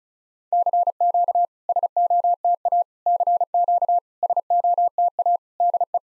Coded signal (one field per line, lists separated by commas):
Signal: Morse code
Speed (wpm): 36 wpm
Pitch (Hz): 700 Hz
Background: none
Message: CQ SOTA CQ SOTA DE